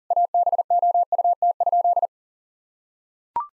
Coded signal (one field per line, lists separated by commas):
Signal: Morse code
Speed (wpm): 40 wpm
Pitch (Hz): 700 Hz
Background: none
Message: ABOUT?